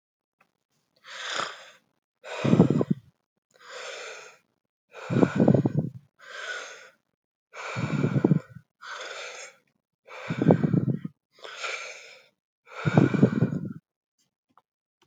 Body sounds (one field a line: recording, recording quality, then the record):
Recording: deep breathing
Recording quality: excellent, no background noise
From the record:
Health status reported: healthy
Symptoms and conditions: none ticked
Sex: male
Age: 30 years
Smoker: not ticked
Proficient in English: yes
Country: India